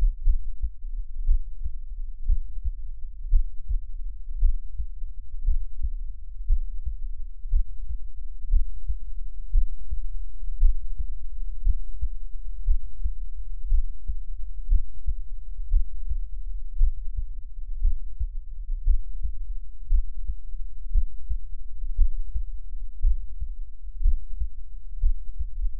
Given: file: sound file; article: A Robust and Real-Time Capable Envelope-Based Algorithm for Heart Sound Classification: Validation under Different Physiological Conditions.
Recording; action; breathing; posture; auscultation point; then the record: heart sounds by electronic stethoscope; rest; normal; lying on left side; Erb’s point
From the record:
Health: healthy, no known heart disease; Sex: male